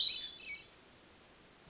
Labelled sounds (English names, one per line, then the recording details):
Hermit Thrush
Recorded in Sonoma County, California